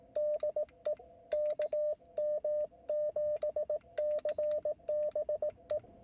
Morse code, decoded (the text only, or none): DE KM7CBE